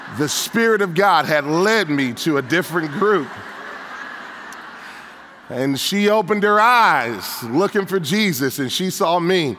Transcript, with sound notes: the Spirit of God had led me to a different group! (laughter) She opened her eyes looking for Jesus, and she saw me.